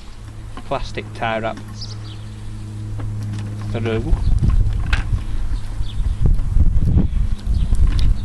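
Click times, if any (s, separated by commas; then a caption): 4.9 s, 6.3 s, 7.8 s, 8.0 s. A plastic cable tie is threaded through its own ratchet head and pulled tight around a wooden piece of a bird-feeder guard while someone talks, with a steady low hum in the background. Its small teeth click as it ratchets, with sharp clicks at 4.9, 6.3, 7.8 and 8.0 seconds. The tie ends up latched tight.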